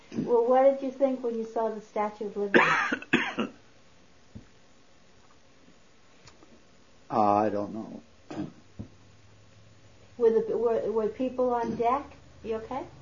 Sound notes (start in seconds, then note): 2.5 coughs; 2.6 pauses; 8.2 coughs